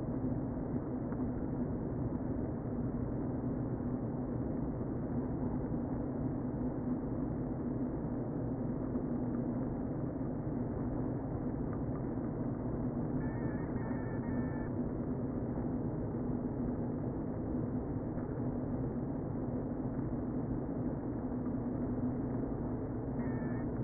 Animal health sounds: honeybee colony, microphone inside the hive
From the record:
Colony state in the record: queen present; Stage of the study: before two queens were removed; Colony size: about 60,000 bees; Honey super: yes

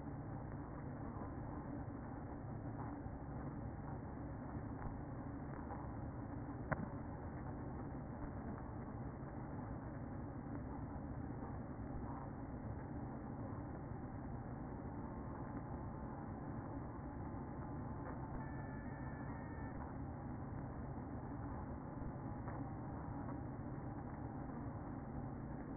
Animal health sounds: honeybee colony, microphone inside the hive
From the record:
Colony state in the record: queen present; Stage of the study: after two queens were removed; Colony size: about 60,000 bees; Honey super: yes

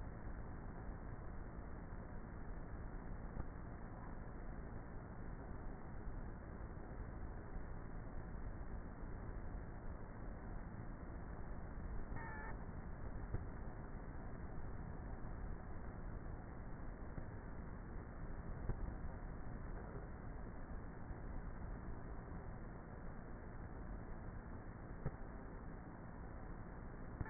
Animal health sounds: honeybee colony, microphone inside the hive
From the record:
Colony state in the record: queenless with a low population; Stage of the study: before two queens were removed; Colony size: about 30,000 bees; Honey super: no

